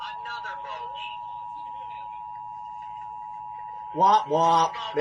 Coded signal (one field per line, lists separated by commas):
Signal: Emergency Alert System (SAME) tones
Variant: 853 and 960 Hz attention tone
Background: speech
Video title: (EAS #1,802 - #1,831) WHEN THE CAMERA FAILS - EAS Alerts from 6/15/24